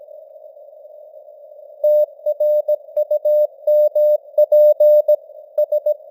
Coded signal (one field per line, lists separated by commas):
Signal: Morse code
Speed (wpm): 17 wpm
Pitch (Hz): 600 Hz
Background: none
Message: TRUMPS